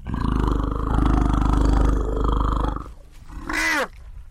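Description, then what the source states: African elephant calls: a long, low, pulsing rumble for almost three seconds, then a short, high squealing call with arching harmonics. Orphaned infant elephants at a nursery in Nairobi National Park, Kenya.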